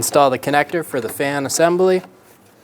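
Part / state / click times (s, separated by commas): cooling fan harness connector into the fan assembly plug / not seated / none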